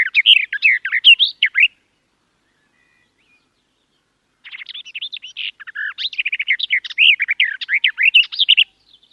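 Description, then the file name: Garden warbler song, the end of one bubbling warbled phrase, a long silence, then another extended run of rapid, mellow, varied notes. "Canto do felosa das figueiras"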